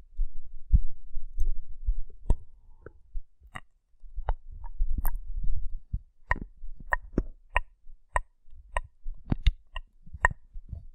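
Rough brain cleaning and picking: a steady run of sharp, bright clicks and scrapes arrives roughly every half second to second. Between them, low wet thuds and soft squelching rumble, heavier in the first half and thinning later.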